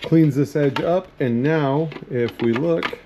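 Someone talks while handling the factory bulb socket plug at the hole of a plastic C6 Morimoto-style aftermarket tail light housing, a hole just filed square with a small square bastard file so the factory plug will fit. Nothing has seated or clicked yet.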